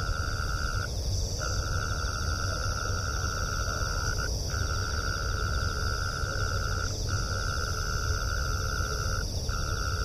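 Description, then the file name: Mole cricket trill: a steady, pure churring tone held almost continuously, broken by a few short pauses, over a constant low rumble of background noise. "kera"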